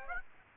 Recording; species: mosquito wingbeat signal from an infrared sensor; Aedes aegypti